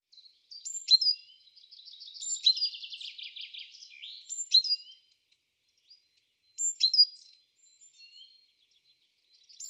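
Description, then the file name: Great tit calling, sharp piercing notes then a fast dry churring rattle, followed by more sharp notes after a short pause. "Parus major"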